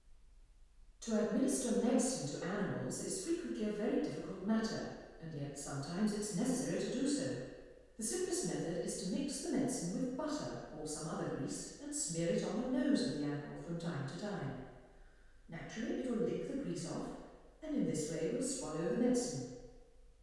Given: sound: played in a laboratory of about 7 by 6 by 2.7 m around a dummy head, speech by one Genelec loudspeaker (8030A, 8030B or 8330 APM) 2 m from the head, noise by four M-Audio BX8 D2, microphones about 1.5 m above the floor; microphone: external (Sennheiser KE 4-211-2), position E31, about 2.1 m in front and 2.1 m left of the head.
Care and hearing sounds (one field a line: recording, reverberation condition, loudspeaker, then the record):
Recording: female speech in English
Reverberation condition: high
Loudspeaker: 30 degrees to the right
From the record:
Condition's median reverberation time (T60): about 1300 ms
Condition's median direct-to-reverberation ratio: about -4.0 dB